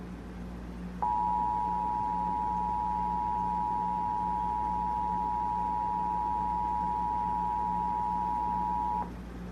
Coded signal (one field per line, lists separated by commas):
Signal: Emergency Alert System (SAME) tones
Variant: 853 and 960 Hz attention tone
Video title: EAS Severe Thunderstorm Warning for Western Meigs County 5/11/2015